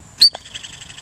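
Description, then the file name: Marmot whistle: one sharp, very brief high-pitched whistle, followed by a soft, lower knock. "cri Marmotte"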